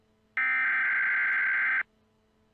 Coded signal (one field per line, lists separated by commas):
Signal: Emergency Alert System (SAME) tones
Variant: header bursts